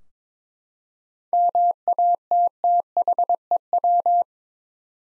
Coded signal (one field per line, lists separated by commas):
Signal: Morse code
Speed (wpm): 22 wpm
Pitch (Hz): 700 Hz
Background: none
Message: MATTHEW